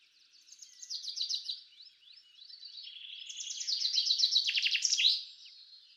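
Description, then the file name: Common chaffinch singing twice: a short, bright trill first, then a longer series of repeated notes closing with a quick flourish. "Fringilla coelebs"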